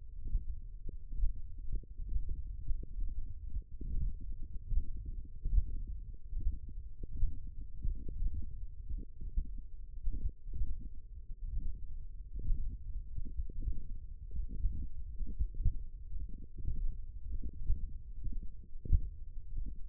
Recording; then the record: forearm muscle sounds (acoustic myography)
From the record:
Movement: thumb flexion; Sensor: system 1, eight BSWA MPA416 microphones around the upper forearm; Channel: 3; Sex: male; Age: 42 years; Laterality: right